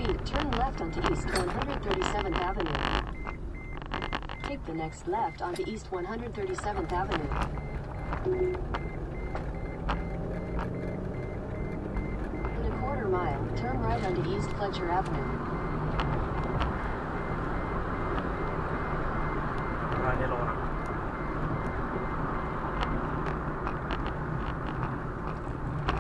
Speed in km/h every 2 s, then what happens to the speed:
52, 32, 15, 21, 34, 45, 56, 58, 61, 66, 66, 58, 44.
0-4 brakes to 15. 4-19 speeds up to 66. 19-26 brakes to 44.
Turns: 3-7.